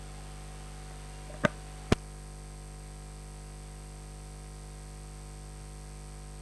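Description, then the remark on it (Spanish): Steady radio static hiss over a low electrical hum, broken by two sharp crackling pops about half a second apart; no voices are heard. “y como hay muchos seguimientos en la Argentina y tantas escuchas últimamente, nosotros volvimos a tener una interferencia y capturamos un diálogo que, respecto al paro, va a dar mucho que hablar.”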